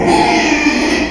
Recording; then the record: squeal of a Yucatan mini pig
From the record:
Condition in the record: after surgery on the right vocal fold (resection and tissue-engineered implant); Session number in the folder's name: 2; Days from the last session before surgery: 13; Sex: male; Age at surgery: 12 weeks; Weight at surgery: 13 kg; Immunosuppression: cyclosporine, prednisolone